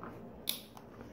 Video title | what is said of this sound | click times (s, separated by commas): What did I buy with my freelancing income for freelancing - How To Make Money On Freelancing in 2024 | লাগানোর সঙ্গে সঙ্গে click sound হবে | 0.5 s